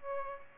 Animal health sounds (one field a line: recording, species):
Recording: mosquito wingbeat signal from an infrared sensor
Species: Aedes aegypti